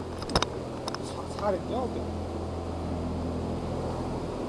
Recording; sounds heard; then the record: poultry house recording; no chicken sound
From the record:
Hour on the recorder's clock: 8